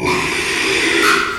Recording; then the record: squeal of a Yucatan mini pig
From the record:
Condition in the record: after surgery on the right vocal fold (resection and tissue-engineered implant); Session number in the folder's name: 1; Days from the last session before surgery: 6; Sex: male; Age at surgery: 12 weeks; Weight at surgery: 13 kg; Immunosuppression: cyclosporine, prednisolone